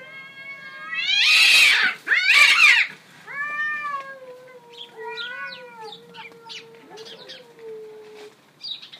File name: cats